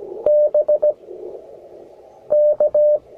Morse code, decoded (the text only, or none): B K